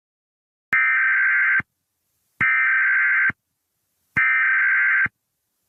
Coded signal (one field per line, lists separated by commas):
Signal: Emergency Alert System (SAME) tones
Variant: header bursts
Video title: EAS Scenario: 2nd American Civil War